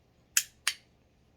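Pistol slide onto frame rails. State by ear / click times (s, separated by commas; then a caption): seated / 0.4 s, 0.7 s. A steel slide is engaged on the frame's guide rails of a Glock 19 Gen 5 pistol during reassembly after cleaning and slid back onto the frame. Two sharp, bright metallic clicks ring out at 0.4 s and 0.7 s, each decaying quickly over a quiet background. The slide is locked back into place on the frame.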